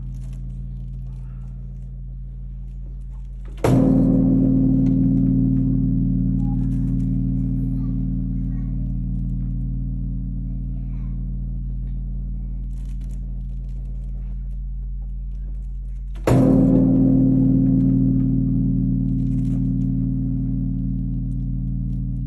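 The night bell at Todaiji is struck twice, once near four seconds and again around sixteen, each blow a sharp thud that opens into a deep, humming tone. The low hum carries on between strikes, fading slowly, with faint scattered clicks above it.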